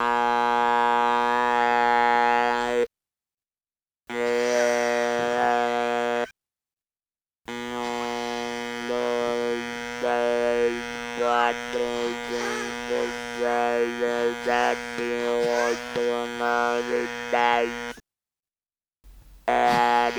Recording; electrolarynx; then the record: speech with an electrolarynx; conventional device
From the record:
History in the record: total laryngectomy